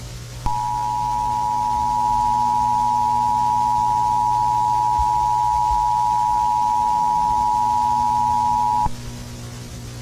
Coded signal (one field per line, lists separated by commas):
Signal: Emergency Alert System (SAME) tones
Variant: 853 and 960 Hz attention tone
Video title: (Eas Scenario/Analog Horror) Blue Moon Virus